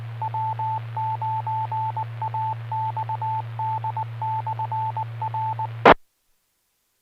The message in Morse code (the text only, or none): W9AXD/RE